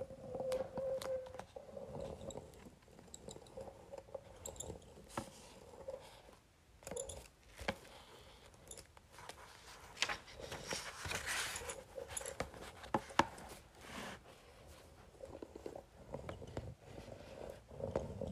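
A facial roller moves over paper, making a dense run of dry rustling and crinkling with frequent small clicks and taps scattered throughout. The scraping swells and eases irregularly, with brief quieter gaps around 6 and 15 seconds and a busier stretch near 11 seconds.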